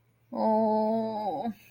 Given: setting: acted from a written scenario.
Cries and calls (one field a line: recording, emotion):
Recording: vocal sound without words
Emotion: distress